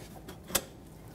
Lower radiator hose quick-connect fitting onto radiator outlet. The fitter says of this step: okay that's it that's locked in there it's sealed up that locking clip is seated so